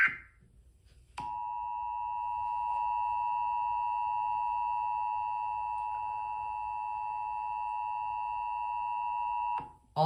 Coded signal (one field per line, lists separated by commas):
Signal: Emergency Alert System (SAME) tones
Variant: 853 and 960 Hz attention tone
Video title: EAS scenario￼ SCP 049 part￼ 3/3 The series￼ Finale The rise of SCP 049￼￼